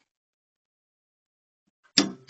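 A click-type torque wrench tightens the blade bolt on a Honda HR217 lawn mower again, set to 40 lbs. After near silence, a sharp metallic click comes at 2.0 s, with a second, softer click right after. The wrench clicks at its setting, confirming the bolt is torqued.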